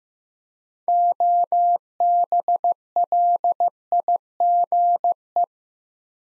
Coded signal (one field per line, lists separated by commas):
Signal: Morse code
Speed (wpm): 15 wpm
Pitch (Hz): 700 Hz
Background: none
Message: OBLIGE